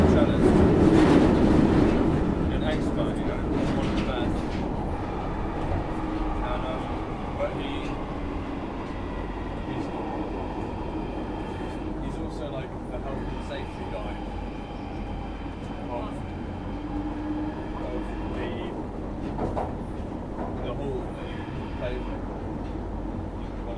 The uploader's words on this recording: International Train Noise Compilation. The diverse sounds of trains from around the world.